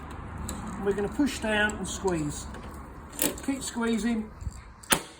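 A hand rivet gun is squeezed on a pop rivet sitting in a hole in a Land Rover Series tailgate panel during a repair, while someone talks. Several short clicks from the squeezing come before a sharp snap at 4.8 s as the mandrel breaks and the rivet is set.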